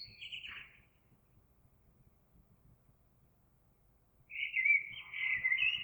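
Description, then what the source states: Eurasian blackbird song: a short fluty phrase, then about three seconds of near silence, then a louder, sustained warbling phrase. Recorded 26 April 2022.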